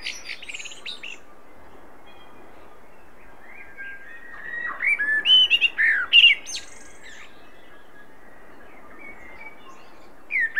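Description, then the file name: Common blackbird song: a faint, high twitter at the start, then a clear phrase of rich whistled notes midway, with a brief note at the end. "Turdus merula"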